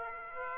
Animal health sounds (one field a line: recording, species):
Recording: mosquito wingbeat signal from an infrared sensor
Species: Aedes aegypti